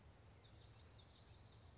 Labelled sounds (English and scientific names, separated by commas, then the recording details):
Common Yellowthroat (Geothlypis trichas)
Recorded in Sonoma County, California